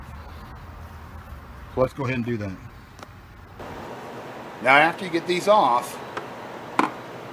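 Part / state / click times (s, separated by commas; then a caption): plastic front grille clips coming out of the vehicle body / released / 6.2 s, 6.8 s. Someone talks while the plastic front grille of a Jeep is pulled outward from the vehicle body until its retaining clips pop loose. Sharp pops are heard at 6.2 s and 6.8 s as the clips come free, releasing the grille as far as it needs to go.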